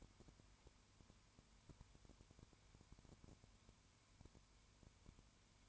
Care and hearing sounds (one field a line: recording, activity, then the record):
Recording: daily activity, microphone in the room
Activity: no activity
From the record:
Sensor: 2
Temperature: 20.0 degrees Celsius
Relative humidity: 32.0%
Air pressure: 1001.1 hPa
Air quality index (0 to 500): 55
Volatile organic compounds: 1 ppm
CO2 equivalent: 604 ppm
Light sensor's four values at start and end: 2/3/2/2 and 2/3/2/2